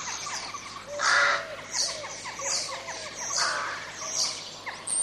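Crows giving scattered harsh caws among hissy higher bursts, with a soft lower arched note repeating beneath them.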